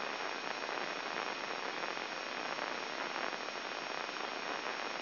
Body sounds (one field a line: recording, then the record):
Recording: brain microelectrode recording played as sound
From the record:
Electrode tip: inside the subthalamic nucleus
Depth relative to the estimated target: -2 mm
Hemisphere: left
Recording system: AlphaMap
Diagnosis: Parkinson's disease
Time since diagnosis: 7 years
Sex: male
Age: 59 years